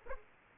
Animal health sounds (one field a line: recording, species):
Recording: mosquito wingbeat signal from an infrared sensor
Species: Aedes aegypti